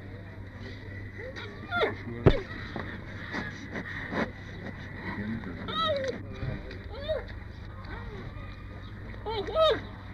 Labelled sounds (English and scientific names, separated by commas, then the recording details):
Giant Panda (Ailuropoda melanoleuca) call
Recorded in captivity
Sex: female
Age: adult
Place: Tierpark Berlin, Berlin, DE
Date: 1958-08-21
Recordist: Tembrock, Günter
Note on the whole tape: Weibchen, etwa 2 Jahre alt. Erst in Erwartung des Futters, dann bei Versuchen der Fortnahme durch die Wärterin